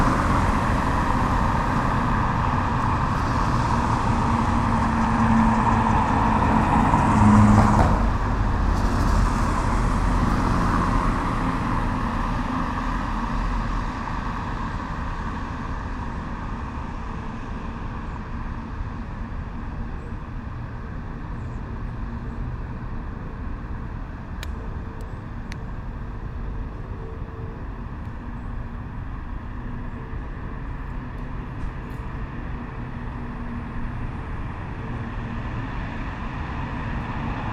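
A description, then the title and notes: Traffic at the intersection of N Davis Ave and Monument Avenue, a steady low rumble of vehicles. The loudest pass comes in the first ten seconds, peaking around seven seconds, then the noise settles into a quieter, even hum with a few faint clicks near twenty-five seconds. Intersection of N Davis Ave and Monument Avenue. In this recording, we hear cars passing on either side of the Monument.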